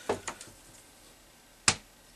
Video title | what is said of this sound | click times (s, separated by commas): caustic part 8 | oh did you hear it snap in there | 1.7 s